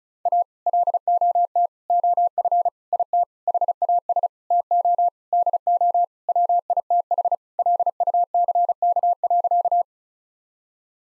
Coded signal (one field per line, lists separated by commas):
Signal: Morse code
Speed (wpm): 34 wpm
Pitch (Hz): 700 Hz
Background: none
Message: A LOT OF IT HAS TO DO WITH LUCK.